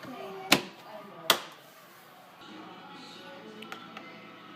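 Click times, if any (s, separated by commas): 0.5 s, 1.3 s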